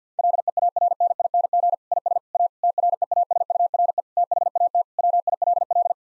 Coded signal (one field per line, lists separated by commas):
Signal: Morse code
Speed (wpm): 50 wpm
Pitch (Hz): 700 Hz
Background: none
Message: LEARNING IS A TREASURE THAT WILL